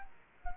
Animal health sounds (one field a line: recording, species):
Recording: mosquito wingbeat signal from an infrared sensor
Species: Culex quinquefasciatus